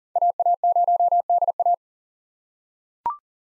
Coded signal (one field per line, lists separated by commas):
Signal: Morse code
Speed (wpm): 40 wpm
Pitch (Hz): 700 Hz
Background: none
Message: AA0DA